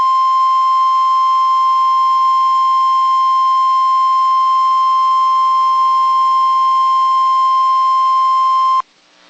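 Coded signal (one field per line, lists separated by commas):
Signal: Emergency Alert System (SAME) tones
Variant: 1050 Hz attention tone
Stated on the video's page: Required Weekly Test for Rochester, requested by Terra TV on TWC Rochester.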